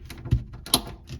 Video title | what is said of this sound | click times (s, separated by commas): BotBots Retro Replays (Series 4) - SoundJack's Reviews | That's a very solid click, and you're not standing. | 0.7 s